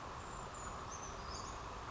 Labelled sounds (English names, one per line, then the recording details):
Brown Creeper
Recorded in Sonoma County, California